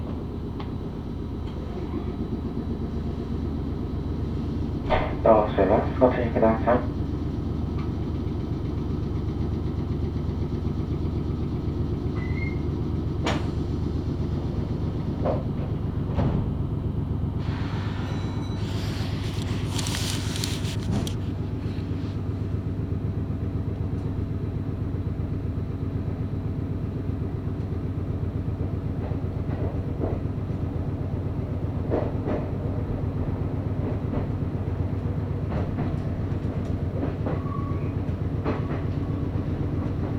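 A Meitetsu Bisai Line train runs steadily, with a constant low rumble and hum throughout. A rattling, clattering burst comes around five to seven seconds, a brighter hiss rises near eighteen to twenty-one seconds, and scattered clicks and knocks punctuate the ride.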